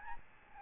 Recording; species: mosquito wingbeat signal from an infrared sensor; Aedes albopictus